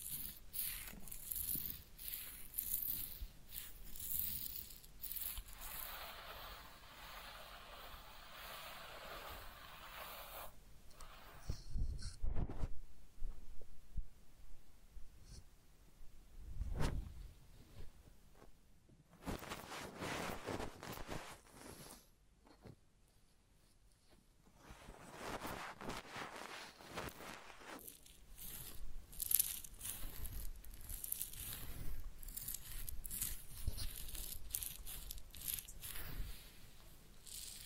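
Head massage and ear cleaning with dense, scratchy rubbing and crackling bursts that thin out to soft, sparse touches midway, then return stronger.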